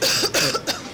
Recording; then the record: coughing mixed with background sound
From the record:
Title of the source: November cold (wet coughing)